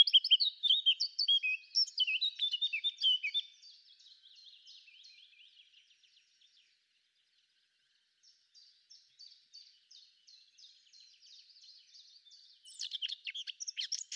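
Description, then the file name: Eurasian blackcap warbling: a loud jumbled twitter for three seconds, fading into quiet scratchy notes, a short silence, then soft chatter and a sharp closing burst. "Sylvia atricapilla"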